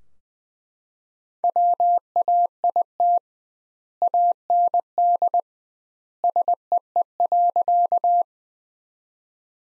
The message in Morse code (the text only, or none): WAIT AND SEE.